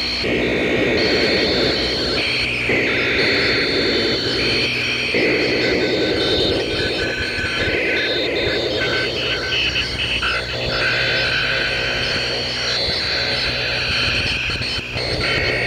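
Electronic crickets form a dense, unbroken chorus, with steady high trilling bands layered over one another for the whole stretch. Lower buzzing pulses swell in and out in several passages, and a constant low hum sits underneath.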